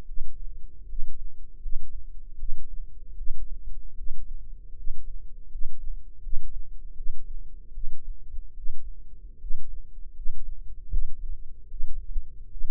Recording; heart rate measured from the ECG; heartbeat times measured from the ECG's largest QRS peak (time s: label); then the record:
heart sounds by microphone in the left ear; 77 bpm
0.04 s: heartbeat
0.85 s: heartbeat
1.58 s: heartbeat
2.36 s: heartbeat
3.14 s: heartbeat
3.94 s: heartbeat
4.73 s: heartbeat
5.47 s: heartbeat
6.19 s: heartbeat
6.93 s: heartbeat
7.71 s: heartbeat
8.53 s: heartbeat
9.37 s: heartbeat
10.12 s: heartbeat
10.88 s: heartbeat
11.67 s: heartbeat
12.48 s: heartbeat
From the record:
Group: healthy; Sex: female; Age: 22 years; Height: 171 cm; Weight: 65.6 kg